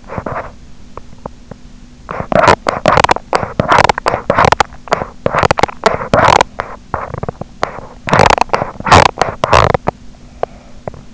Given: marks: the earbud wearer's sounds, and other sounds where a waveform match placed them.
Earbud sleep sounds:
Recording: sounds in sleep by an in-ear microphone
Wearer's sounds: teeth grinding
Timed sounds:
0.00-1.83 s: teeth grinding
1.86-11.14 s: teeth grinding

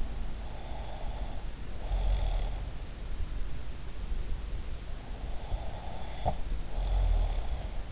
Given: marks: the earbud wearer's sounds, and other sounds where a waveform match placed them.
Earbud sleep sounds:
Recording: sounds in sleep by an in-ear microphone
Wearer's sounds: snoring breath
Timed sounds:
0.50-2.61 s: snoring breath
5.31-7.92 s: snoring breath

